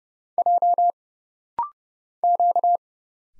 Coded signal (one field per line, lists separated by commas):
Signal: Morse code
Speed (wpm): 31 wpm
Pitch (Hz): 700 Hz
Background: none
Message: J Q